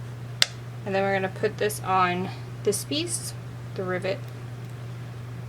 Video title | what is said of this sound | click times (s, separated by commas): The Best Way to Engrave Leather on the Cricut Maker | and put the cap on the opposite side, push it down till it clicks. | 0.4 s